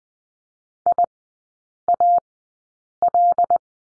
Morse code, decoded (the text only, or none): I A L